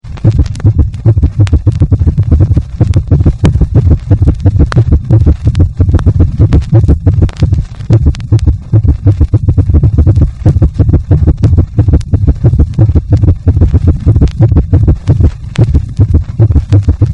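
Heart sounds of an adult heard through a stethoscope, with irregularly spaced beats, in atrial fibrillation (AFib).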